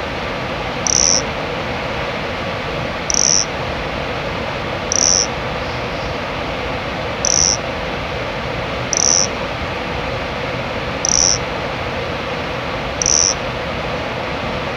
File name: Nesobia mjobergi